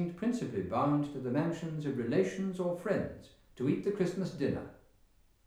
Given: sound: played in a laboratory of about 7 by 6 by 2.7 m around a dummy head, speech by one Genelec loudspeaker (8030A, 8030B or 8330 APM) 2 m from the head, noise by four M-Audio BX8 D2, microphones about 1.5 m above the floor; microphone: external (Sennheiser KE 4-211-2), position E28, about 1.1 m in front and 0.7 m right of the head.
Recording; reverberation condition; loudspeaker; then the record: male speech in English; medium; 30 degrees to the left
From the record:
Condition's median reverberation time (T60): about 510 ms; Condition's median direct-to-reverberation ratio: about -0.5 dB